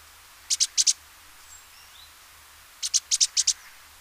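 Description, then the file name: Great tit song: two phrases of bright, high paired notes, the second longer with three pairs, with a faint thin whistle between. "Parus major"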